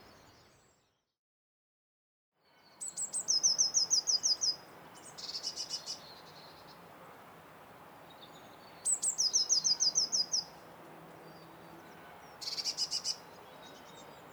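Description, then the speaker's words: Blue Tit singing high squeaky phrases of rapidly repeated notes in four bursts, some ending in a buzzy chatter, with gaps of hiss between and a brief silence at the start. Song a little repeating squeaky motif with chattering in the background; a phrase built from its high-pitched repertoire with a chattery chur added at the end. "So look, again, a little repeating squeaky motif. Chattering from the background. That's the Blue Tit as well."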